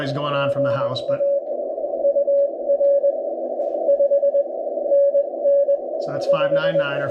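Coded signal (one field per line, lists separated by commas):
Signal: Morse code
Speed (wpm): 18 wpm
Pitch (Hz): 560 Hz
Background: speech, radio noise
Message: GA UR 5 NN 5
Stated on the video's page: CW hunting of POTA activators under rough band conditions.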